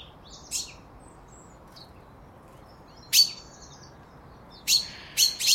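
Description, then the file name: Common chaffinch calls, sharp high chips scattered irregularly, a fainter one early then louder ones toward the end, over quiet background. "Fringilla coelebs"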